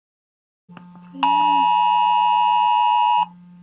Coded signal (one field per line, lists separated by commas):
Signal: Emergency Alert System (SAME) tones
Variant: 853 and 960 Hz attention tone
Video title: Imagine if Emergency Alerts Sounded Like This. EAS Scenario (which was real) #weather #easalarm